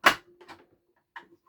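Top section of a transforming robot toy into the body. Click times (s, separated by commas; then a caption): 0.1 s. The top plastic section of a G1 Fortress Maximus transforming robot toy is snapped back into place on the body to form part of the robot, giving a sharp, loud snap at 0.1 s. Quieter plastic clatters follow around 0.4–0.6 s, with a faint tap near 1.2 s. The section is seated.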